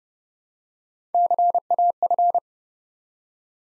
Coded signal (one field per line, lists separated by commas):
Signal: Morse code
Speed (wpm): 30 wpm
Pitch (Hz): 700 Hz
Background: none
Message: CAF